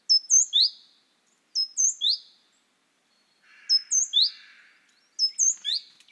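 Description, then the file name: Great tit calls: clear phrases of three sharp, high notes, each dropping in pitch. The phrases repeat every one and a half to two seconds, with a brief faint rustle. "Parus major"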